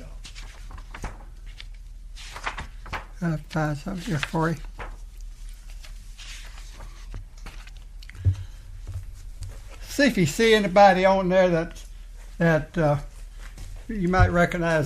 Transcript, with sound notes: Okay.
(Paper shuffling sound) I'll find something here for you. See if you see anybody on there that, that…you might recognize the m…